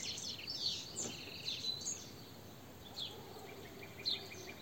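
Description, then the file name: European goldfinch calls, a few bright twittering phrases at the start, then scattered sparse high notes. "Carduelis carduelis"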